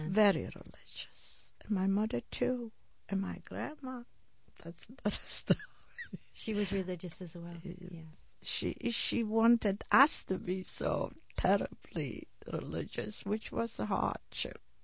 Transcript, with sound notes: Very religious, and my mother too, and my grandma. That's another story. ( she laughs )
She was religious as well.
She wanted us to be so terribly religious, which was a hardship.